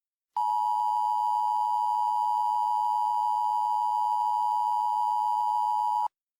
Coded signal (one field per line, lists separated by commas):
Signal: Emergency Alert System (SAME) tones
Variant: 853 and 960 Hz attention tone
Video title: EAS Mock 11: Powder